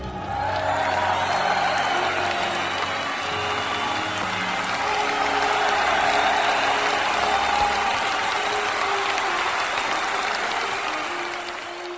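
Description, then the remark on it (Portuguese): Steady, dense applause for the winner of a contest, many hands clapping at once in a continuous wash for about twelve seconds, holding an even loudness throughout with a faint low hum underneath. “É, a salva de palmas!”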